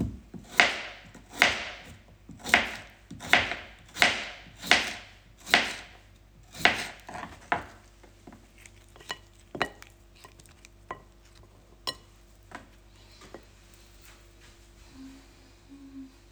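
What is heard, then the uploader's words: Someone preparing lunch scrapes or stirs in steady rhythmic strokes for seven seconds, then sparse clinks and taps over a low hum. Preparing lunch in the home office, Vienna. This is how it sounds when lunch is being prepared.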